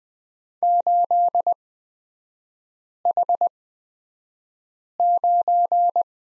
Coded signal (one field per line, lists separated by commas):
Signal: Morse code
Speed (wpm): 20 wpm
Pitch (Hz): 700 Hz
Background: none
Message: 8H9